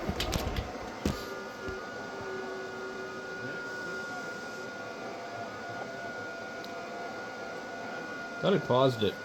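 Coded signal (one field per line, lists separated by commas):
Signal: FT8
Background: speech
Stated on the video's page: FT8 from an FTDX3000 transceiver driven through a SignaLink interface, with the radio keying up on its own.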